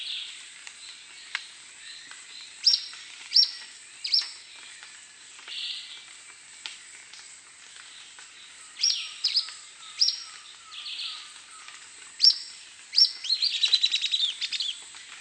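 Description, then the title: Grey elaenia song: high, thin, piercing notes spaced irregularly, some in quick pairs, ending in a fast chattering series, with a constant high background hiss. "LuckyPassaro Completos2Sama. Grey Elaenia (Myiopagis caniceps)"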